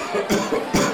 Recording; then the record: coughing mixed with background sound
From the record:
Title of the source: Spring Cold Coughing 3